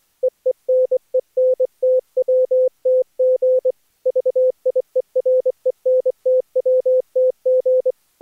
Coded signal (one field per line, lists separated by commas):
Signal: Morse code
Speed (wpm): 16 wpm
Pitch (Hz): 500 Hz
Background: none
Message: EENENTWTG VIERENTWTG